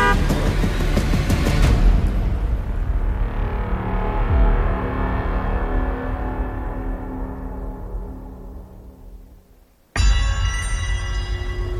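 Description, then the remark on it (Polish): Several car horns blare and overlap in a loud, sustained honking chorus over rumbling traffic at an intersection, fading slowly before a sudden cutoff and then an abrupt return of honking. “Oprzytomniał na środku skrzyżowania, wśród ryku klaksonów.”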